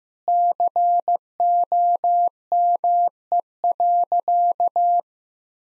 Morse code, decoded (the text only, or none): COME.